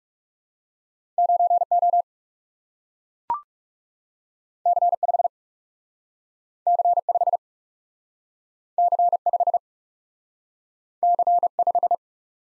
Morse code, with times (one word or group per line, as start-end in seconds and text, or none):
1.2-1.6 9
1.7-2.0 O
4.7-4.9 C
5.0-5.3 5
6.7-7.0 C
7.1-7.4 5
8.8-9.2 C
9.3-9.6 5
11.0-11.5 C
11.6-11.9 5